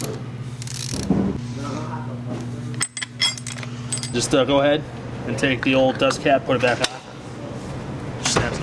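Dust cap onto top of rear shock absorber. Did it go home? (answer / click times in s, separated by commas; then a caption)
yes / 8.3 s. The old dust cap is refitted by hand onto the top of a new ST Suspension rear coilover shock on a VW Rabbit (Golf) and pressed down. Someone talks over a steady low hum, with a few sharp knocks along the way. At 8.3 s a single sharp snap is heard as the cap seats into place.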